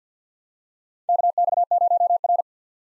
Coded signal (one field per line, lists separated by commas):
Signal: Morse code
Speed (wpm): 50 wpm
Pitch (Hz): 700 Hz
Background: none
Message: KX0R